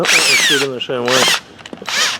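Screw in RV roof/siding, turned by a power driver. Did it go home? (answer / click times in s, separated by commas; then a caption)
no / 1.7 s. A power driver turns a screw while old fasteners are being removed from an RV roof or siding, with high whining bursts of the driver running between stretches where someone talks. A short burst of ratcheting clicks comes at 1.7 s as the bit slips, and the screw head strips out.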